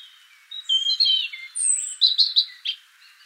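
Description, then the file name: European robin song, a single short phrase of high, liquid, warbling notes with a long thin whistle in the middle and a few quick twittering notes at the end. "Erithacus rubecula"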